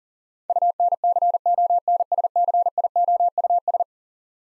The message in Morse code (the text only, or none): UNCONSCIOUS